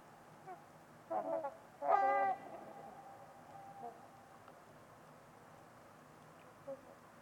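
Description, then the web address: Trumpeter swan giving two loud, nasal, horn-like honks in quick succession, followed by a fainter trailing honk and a few quiet notes over steady low background hiss. Trumpeter swans at Winters Lake on a winter's eve, in a deep, silent valley, with distant white noise. "Trumpeter Swans on a Winter's Eve. Winters-Lake-with-Swan. Wind Is the Original Radio"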